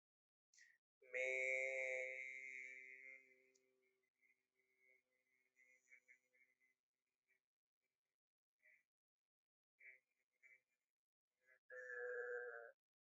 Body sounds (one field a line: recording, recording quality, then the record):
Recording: sustained vowel as in made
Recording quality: poor, much background noise or distortion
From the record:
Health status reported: healthy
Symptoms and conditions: none ticked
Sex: male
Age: 23 years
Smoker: not ticked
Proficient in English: yes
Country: India